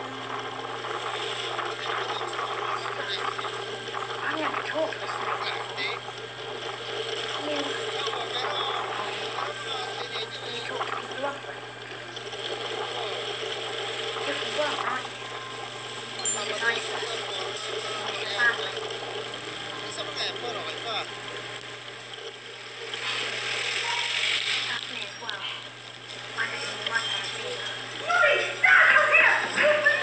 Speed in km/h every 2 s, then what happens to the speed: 28, 27, 26, 26, 25, 24, 23, 23, 22, 19, 16, 15, 10, 8, 7.
0-16 steady at about 25. 16-30 slows to 7.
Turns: none.